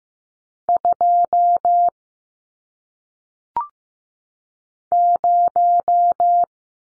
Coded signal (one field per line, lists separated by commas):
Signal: Morse code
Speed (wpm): 15 wpm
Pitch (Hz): 700 Hz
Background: none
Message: 2 0